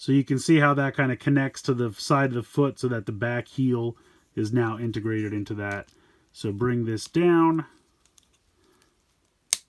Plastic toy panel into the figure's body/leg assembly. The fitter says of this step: and you'll hear it snap it's a really nice snap once you have that you can go ahead and push all of this together